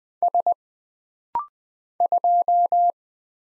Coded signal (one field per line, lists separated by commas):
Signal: Morse code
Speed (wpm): 20 wpm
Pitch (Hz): 700 Hz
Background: none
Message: S 2